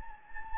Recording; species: mosquito wingbeat signal from an infrared sensor; Anopheles gambiae